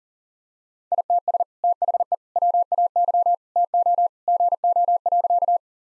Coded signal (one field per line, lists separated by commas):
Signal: Morse code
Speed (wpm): 40 wpm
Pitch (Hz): 700 Hz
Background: none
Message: ITS THE WAY TO GO.